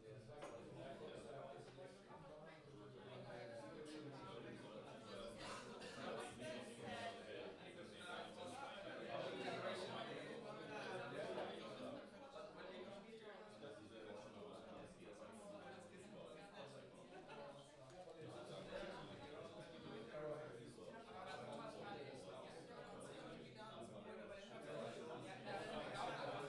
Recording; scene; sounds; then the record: everyday scene through a hearing-aid microphone; many people talking; many voices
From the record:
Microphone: in the ear canal, left